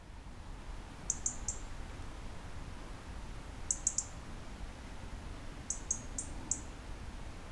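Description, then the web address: European robin giving thin, very high ticking notes in quick bursts of three or four, separated by pauses of a couple of seconds, over a low steady rumble. "SETE Erithacus rubecula"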